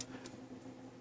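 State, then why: Not seated. A plastic clip part of a transforming robot toy is handled against the notch in the toy robot's body, giving brief sharp ticks of plastic on plastic, the loudest at the very end. Nothing has seated or clicked into place yet.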